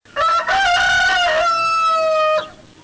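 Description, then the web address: Chicken: rooster crowing, one harsh cock-a-doodle-doo with choppy opening notes then a long held, slightly falling final note, about two seconds in all. Rooster (male). "naturesongs rooster"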